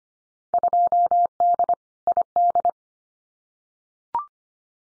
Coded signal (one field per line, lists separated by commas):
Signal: Morse code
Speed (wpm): 25 wpm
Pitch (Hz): 700 Hz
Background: none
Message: 2D ID